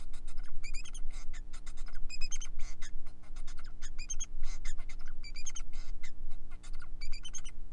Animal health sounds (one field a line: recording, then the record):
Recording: song of a male Bengalese finch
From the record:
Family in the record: son of father 4